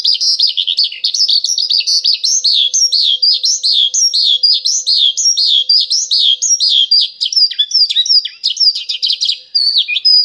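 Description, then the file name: Horsfield's bush lark song, a dense, continuous run of high, varied chirps and twittering phrases, quickening into rapid clipped notes near the end. Vietnam type. "branjangan vietnam"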